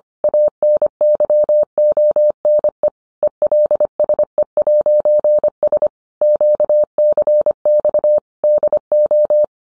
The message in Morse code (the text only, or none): ANYONE ELSE'S QCX DO